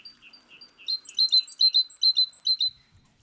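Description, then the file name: Great tit singing: bright, ringing high notes in quick pairs, about two pairs per second, preceded by softer lower chips. "Parus major"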